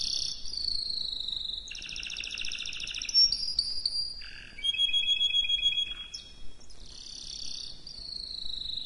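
Canary song of shifting tours: a high warbling trill, a buzzy roll, sharp whistled notes, and a low dropping phrase before more rapid trilling.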